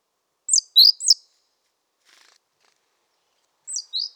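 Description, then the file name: Great tit calls: a quick cluster of three very high, sharp notes, then near silence, then another pair of high thin notes near the end. "Parus major"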